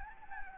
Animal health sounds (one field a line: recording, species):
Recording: mosquito wingbeat signal from an infrared sensor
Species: Anopheles gambiae